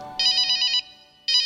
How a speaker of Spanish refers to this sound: ¿Qué es? El teléfono sonó. ¿Qué es? Mi abuelito me llamó.